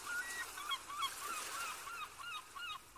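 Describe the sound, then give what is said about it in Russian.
Gulls and crows soaring in the sky over Gampo Monastery, where sea and sky meet, call out in a steady series of short, harsh, mid-pitched cries, overlapping one another over a constant broad hiss of background noise with no talking. “Горизонт бесконечен, и в безграничном небе парят чайки и вороны.”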